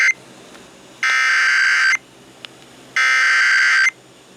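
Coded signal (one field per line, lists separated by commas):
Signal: Emergency Alert System (SAME) tones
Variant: header bursts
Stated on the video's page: EAS alerts from NWS Paducah.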